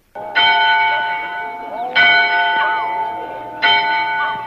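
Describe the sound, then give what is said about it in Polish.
A church bell rings the Angelus three times at a slow, steady pace from the single red-brick tower of a small Polish church in a Polish village in Texas, each loud metallic strike blooming into a long, humming ring that hangs on until the next toll, with no voices present. “Bije dzwon na anioł pański z wieży polskiego kościoła w polskiej wsi zgubionej w Weskresach Teksasu.”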